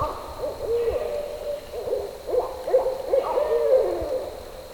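Barred owl calls, wavering hooted notes in uneven bursts, several arching up and down together, with a brief lull before a final cackling run.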